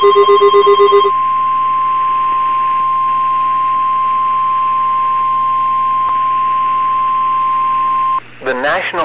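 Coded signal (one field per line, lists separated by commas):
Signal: Emergency Alert System (SAME) tones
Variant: 1050 Hz attention tone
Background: speech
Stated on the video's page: Fictional EAS scenario about a Midwest tornado outbreak, using valid EAS tones.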